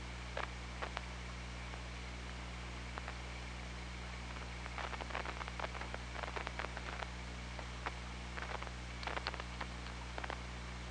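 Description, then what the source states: Killer whale clicks: many sharp clicks spread throughout, bunching in quick runs, above a persistent low hum and hiss. Recorded by OrcaLab hydrophone on 24 August 2017 at 02:54.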